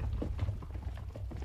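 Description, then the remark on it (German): Hooves of two ridden horses and one riderless horse clip-clop in a steady, uneven rhythm of dull knocks over a low rumbling background, with no voices present. “Ein Pferd ohne Reiter.”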